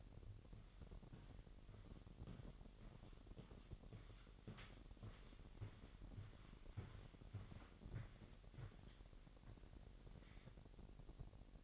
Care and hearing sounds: daily activity, microphone in the room; walk to room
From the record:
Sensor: 4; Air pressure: 1013.0 hPa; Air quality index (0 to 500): 241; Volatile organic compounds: 4 ppm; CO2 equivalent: 1606 ppm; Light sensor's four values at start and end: 35/84/34/34 and 34/81/33/33

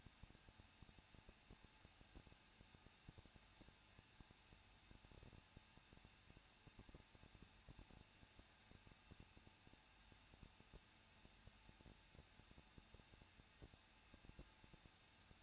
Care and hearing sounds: daily activity, microphone in the room; no activity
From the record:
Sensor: 2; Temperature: 20.9 degrees Celsius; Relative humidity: 37.6%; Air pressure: 1006.3 hPa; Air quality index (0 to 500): 224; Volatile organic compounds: 26 ppm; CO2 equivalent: 2858 ppm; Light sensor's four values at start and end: 2/3/2/2 and 2/3/2/2

